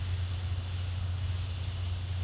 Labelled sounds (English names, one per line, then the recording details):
none
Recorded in pastures near Puerto Asís, Putumayo, Colombia, on 15 December 2024 at 12:30
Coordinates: 0.502, -76.324
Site G077